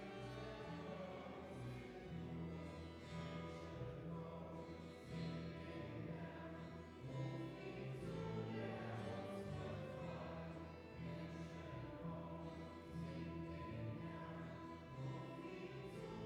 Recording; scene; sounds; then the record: everyday scene through a hearing-aid microphone; reverberant space; music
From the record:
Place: church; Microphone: behind the ear, left, rear